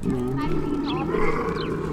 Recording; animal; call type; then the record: contact call of a hoofed animal; wild boar; grunt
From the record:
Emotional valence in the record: negative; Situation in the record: naturally occurring agonistic interactions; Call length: 2.0 s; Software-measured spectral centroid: 1400 Hz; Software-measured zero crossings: 990 a second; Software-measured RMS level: -24 dBFS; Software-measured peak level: -9 dBFS